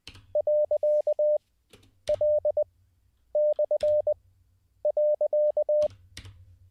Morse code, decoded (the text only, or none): .L/.